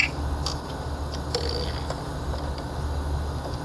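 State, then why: Not seated. A vacuum/PCV hose quick-connect coupling is handled near its plastic fitting on a Volkswagen engine during a repair for codes P2187 and P0506. A few brief plastic taps and handling noises at about 0.0, 0.5, 1.4 and 1.5 s sit over a steady low hum. Nothing has seated or clicked yet.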